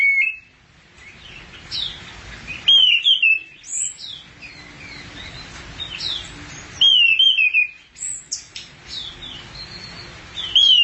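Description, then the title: Thrush singing in lively high phrases of slurred, looping whistles, the loudest bursts returning every few seconds over a steady background of faint twitters. "burung anis x"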